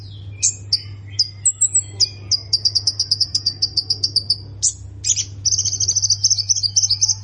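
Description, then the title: Plain prinia singing: high chirps and a short whistle, then fast trains of thin buzzy notes repeated several times a second. A constant low hum runs underneath. "Ciblek Sawah"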